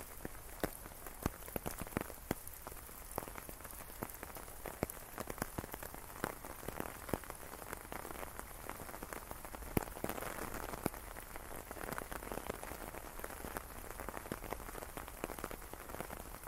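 Rain falls steadily throughout, a dense patter of drops striking a surface with many sharp, bright ticks scattered irregularly over a constant hiss. The level stays even from start to finish, swelling slightly around the middle.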